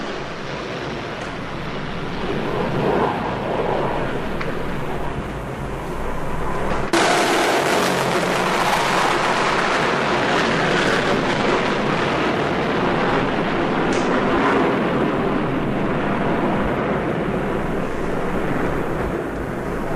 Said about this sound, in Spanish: El centro de Santiago se está convirtiendo en un campo de batalla. El humo de las explosiones y los disparos está dificultando la visibilidad hacia las calles de la capital. Allá vienen de nuevo los aviones.